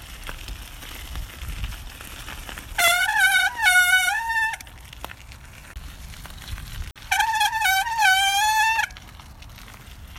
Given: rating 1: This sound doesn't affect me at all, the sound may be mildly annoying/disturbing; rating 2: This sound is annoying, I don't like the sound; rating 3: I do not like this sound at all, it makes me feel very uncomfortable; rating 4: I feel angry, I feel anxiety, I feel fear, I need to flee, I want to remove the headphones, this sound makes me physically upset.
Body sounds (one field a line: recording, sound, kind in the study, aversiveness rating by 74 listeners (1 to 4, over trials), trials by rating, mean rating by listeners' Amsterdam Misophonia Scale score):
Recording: sound for misophonia research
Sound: bicycle brakes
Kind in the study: generally unpleasant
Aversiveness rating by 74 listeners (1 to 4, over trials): mean 1.95, standard deviation 0.83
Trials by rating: 98 rated 1, 124 rated 2, 62 rated 3, 11 rated 4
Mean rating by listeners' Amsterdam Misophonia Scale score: 1.85 (sub-clinical, 0 to 4), 1.88 (mild, 5 to 9), 2.11 (moderate, 10 to 14), 2.25 (severe or extreme, 15 or more)